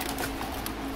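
A plastic front door panel on a 2006–2016 Impala/Impala Limited (9th gen) is pressed by knee against the metal door to snap its retaining clips into their holes in the door frame. Only a steady, even noise with a low hum is heard, with no sharp transients. Nothing has seated or clicked yet.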